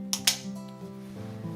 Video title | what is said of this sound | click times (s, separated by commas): How to Use the Breg Cube Wrap-On Multi-Use XL Pad | once these two pieces connect you're going to hear them snap which lets you know that it's secure | 0.1 s, 0.3 s